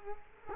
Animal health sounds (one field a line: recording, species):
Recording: mosquito wingbeat signal from an infrared sensor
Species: Culex quinquefasciatus